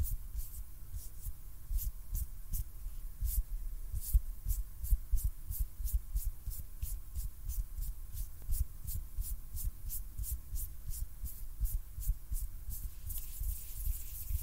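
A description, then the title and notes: Hand sounds repeat in a steady rhythm, about two short crisp strokes per second, each with a bright, brushing edge. A low, soft thumping rumble runs underneath throughout. Near the end the strokes blur into a denser rubbing hiss. ASMR HAND SOUNDS NO TALKING.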